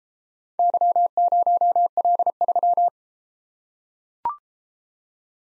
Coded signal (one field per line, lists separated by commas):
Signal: Morse code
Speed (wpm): 33 wpm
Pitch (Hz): 700 Hz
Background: none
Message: Y0L3